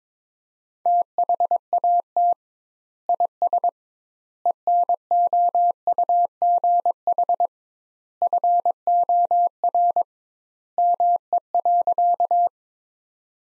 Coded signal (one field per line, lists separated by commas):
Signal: Morse code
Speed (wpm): 22 wpm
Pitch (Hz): 700 Hz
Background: none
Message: THAT IS ENOUGH FOR ME.